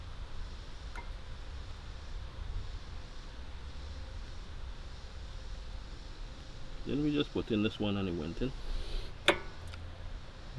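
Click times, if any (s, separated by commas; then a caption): 9.3 s. A metal brake pad piece is pushed into a Spoon monoblock brake caliper during a pad install on an 8th-gen Honda Civic Si, with someone talking around 7 to 8.5 seconds. A sharp click at 9.3 seconds marks the piece seating into the caliper.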